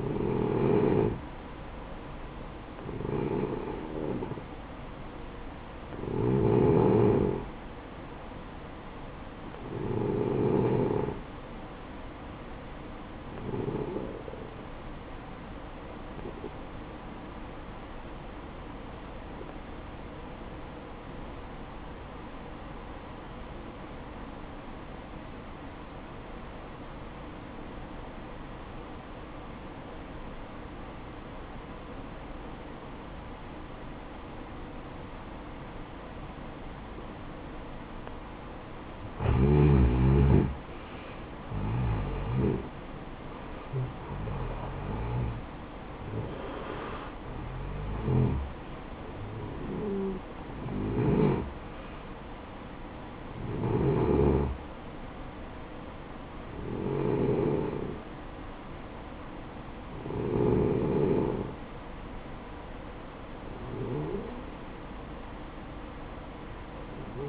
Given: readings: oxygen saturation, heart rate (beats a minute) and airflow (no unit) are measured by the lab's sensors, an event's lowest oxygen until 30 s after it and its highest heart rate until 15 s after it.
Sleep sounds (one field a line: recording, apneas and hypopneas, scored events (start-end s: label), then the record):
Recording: breathing in sleep by a voice recorder at the bedside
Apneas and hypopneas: 1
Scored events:
2.00-67.29 s: new sleep stage, N1 (lightest sleep)
18.00-39.10 s: obstructive apnea (N1, oxygen 95% highest, then 86% lowest, heart rate 57 at the start, 67 highest)
From the record:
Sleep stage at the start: N2 (light sleep)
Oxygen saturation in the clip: 86 to 95%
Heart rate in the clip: 53 to 67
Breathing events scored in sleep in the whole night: 573 in 9.8 hours asleep